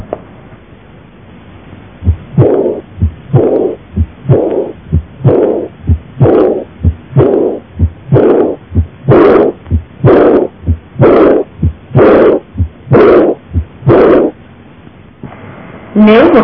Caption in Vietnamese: Thổi tâm chương là tiếng thổi nghe thấy trong thời kỳ tâm chương, tương ứng lúc mạch quay chìm, nghe nhẹ, êm dịu, xa xăm như tiếng thở. Trong hở van động mạch chủ, tiếng thổi tâm chương nghe rõ ở liên sườn ba trái, lan xuống mũi ức.